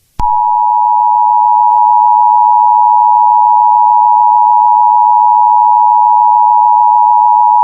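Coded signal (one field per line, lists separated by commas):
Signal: Emergency Alert System (SAME) tones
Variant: 853 and 960 Hz attention tone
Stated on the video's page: Fictional EAS scenario.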